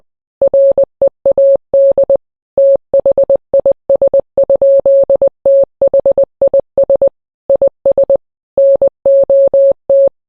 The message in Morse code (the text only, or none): READ THIS? THIS IS NOT